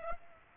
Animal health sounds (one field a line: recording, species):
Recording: mosquito wingbeat signal from an infrared sensor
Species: Aedes aegypti